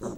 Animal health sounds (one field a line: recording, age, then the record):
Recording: pig call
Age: piglet (1 to 25 days)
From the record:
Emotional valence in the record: negative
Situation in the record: long isolation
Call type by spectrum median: low-frequency call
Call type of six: low-frequency stable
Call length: 0.18 s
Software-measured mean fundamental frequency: 59 Hz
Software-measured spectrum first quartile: 274 Hz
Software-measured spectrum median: 455 Hz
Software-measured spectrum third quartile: 1090 Hz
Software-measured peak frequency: 219 Hz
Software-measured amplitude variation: 106 dB a second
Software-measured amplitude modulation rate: 14.2 a second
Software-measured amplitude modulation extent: 7.5 dB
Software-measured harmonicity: 2.8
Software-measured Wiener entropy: -1.07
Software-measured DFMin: 954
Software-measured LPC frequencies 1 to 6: 415, 1009, 3192, 3922, 6304, 7030 Hz